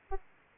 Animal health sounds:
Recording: mosquito wingbeat signal from an infrared sensor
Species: Anopheles arabiensis

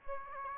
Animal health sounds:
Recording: mosquito wingbeat signal from an infrared sensor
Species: Aedes aegypti

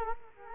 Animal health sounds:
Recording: mosquito wingbeat signal from an infrared sensor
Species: Culex quinquefasciatus

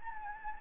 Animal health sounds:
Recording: mosquito wingbeat signal from an infrared sensor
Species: Anopheles gambiae

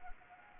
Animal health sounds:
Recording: mosquito wingbeat signal from an infrared sensor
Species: Anopheles arabiensis

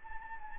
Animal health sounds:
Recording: mosquito wingbeat signal from an infrared sensor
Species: Anopheles gambiae

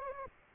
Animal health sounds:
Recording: mosquito wingbeat signal from an infrared sensor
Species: Anopheles arabiensis

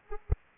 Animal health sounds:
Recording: mosquito wingbeat signal from an infrared sensor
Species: Anopheles arabiensis

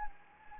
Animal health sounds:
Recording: mosquito wingbeat signal from an infrared sensor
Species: Anopheles gambiae

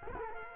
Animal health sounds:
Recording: mosquito wingbeat signal from an infrared sensor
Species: Culex quinquefasciatus

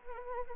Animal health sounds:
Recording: mosquito wingbeat signal from an infrared sensor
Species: Anopheles arabiensis

